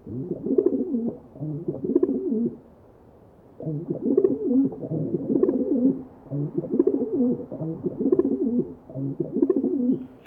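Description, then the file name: Rock pigeon cooing: soft, low, throaty rolling coos in runs of a few seconds, separated by brief pauses. "John Neville - Rock Pigeon"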